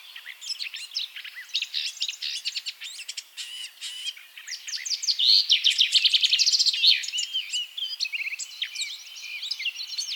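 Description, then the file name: Eurasian blackcap song: a fast, rich warble of varied chirps and whistled notes, growing louder and denser in the middle with rapid trills near six seconds. "Sylvia atricapilla"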